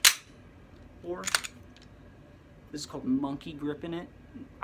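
The slide release button on a pistol is pressed, and the steel slide slams forward into battery on the frame with a loud metallic snap at 0.1 s. The slide is released and returns home, after which someone talks.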